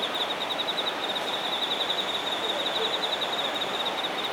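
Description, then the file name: Insect song: a steady high pulsed trill, rapid regular pulses held throughout over a broad hiss of background noise. Shinagawa, Japan. "shinagawa singing insects"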